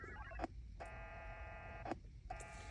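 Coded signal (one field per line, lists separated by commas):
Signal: HF data modem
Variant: VARA FM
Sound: brief warbling tone burst, click, then about one second of buzzing multi-tone hiss, repeating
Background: radio keying clicks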